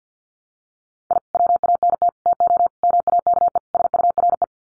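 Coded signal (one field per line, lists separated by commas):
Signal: Morse code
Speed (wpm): 50 wpm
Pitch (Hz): 700 Hz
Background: none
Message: I WANT TO MAKE SURE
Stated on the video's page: Head-copy practice of five-word sets at 50 wpm, each sent in Morse, spoken, then sent again.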